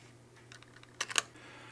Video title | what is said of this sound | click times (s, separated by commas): Breg Cold therapy VPULSE Thermal Pad VPULSE Lite Full Application v5 - Get flat 10% Off* | connection can only be made one way and you will hear a click sound when fastened properly | 1.0 s, 1.2 s